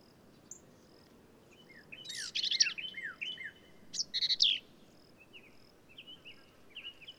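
Black-capped vireo singing: two rough, chattering bursts mixed with quick, sliding whistled notes, then fainter high slurred phrases trailing off.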